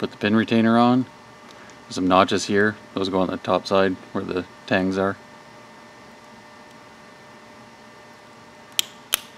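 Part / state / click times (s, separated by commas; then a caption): pin retainer into a flex-fuel sensor wiring connector / seated / 8.8 s, 9.1 s. A plastic pin retainer is placed on the notches on the top side, where the tangs are, and pushed down into a Delphi flex-fuel sensor wiring connector while someone talks. After a quiet pause, two sharp clicks at 8.8 s and 9.1 s signal the retainer seating in the connector body.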